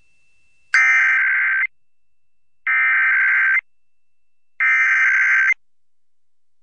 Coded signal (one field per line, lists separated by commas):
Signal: Emergency Alert System (SAME) tones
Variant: header bursts